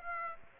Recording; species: mosquito wingbeat signal from an infrared sensor; Aedes aegypti